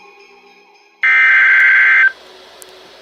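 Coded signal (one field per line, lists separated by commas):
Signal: Emergency Alert System (SAME) tones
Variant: header bursts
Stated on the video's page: River flood warning received on NOAA Weather Radio.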